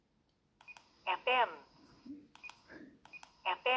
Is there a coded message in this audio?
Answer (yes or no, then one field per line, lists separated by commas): no